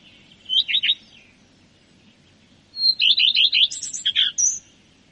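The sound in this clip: Common redstart singing two phrases: a short burst of notes, a pause of about two seconds, then a longer run of repeated notes ending in a thin, high note.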